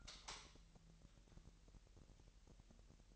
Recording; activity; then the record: daily activity, microphone in the room; light on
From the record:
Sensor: 3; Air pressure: 1001.8 hPa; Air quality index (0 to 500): 249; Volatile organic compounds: 53 ppm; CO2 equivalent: 3339 ppm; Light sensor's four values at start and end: 5/12/5/5 and 13/35/15/13